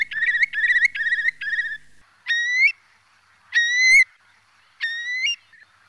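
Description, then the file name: Eurasian curlew calls: a fast run of bubbling trilled notes, then three separate loud rising whistles. Filtered. "CHIURLO"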